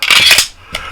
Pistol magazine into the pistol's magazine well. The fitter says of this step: protrude just a little bit, but locks in place nice and tight.